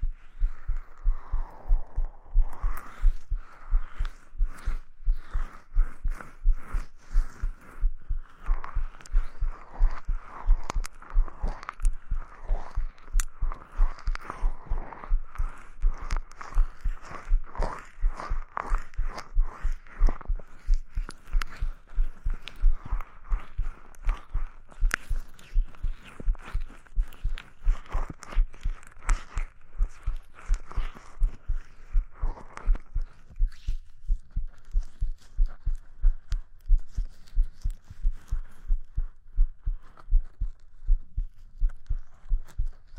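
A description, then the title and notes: Ear massage with dense, rapid rubbing and tapping that never lets up, a steady stream of soft thumps close together. A muffled whooshing tone sits in the middle range through most of it, fading after about 33 seconds as the strokes thin out. Ear massage, giving you a different enjoyment, full of strength.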